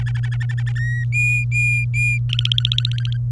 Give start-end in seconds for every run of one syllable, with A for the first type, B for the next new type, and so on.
0.00-0.72 A, 0.75-1.04 B, 1.12-2.18 C, 2.29-3.17 D